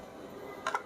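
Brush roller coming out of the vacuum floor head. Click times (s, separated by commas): 0.7 s, 0.8 s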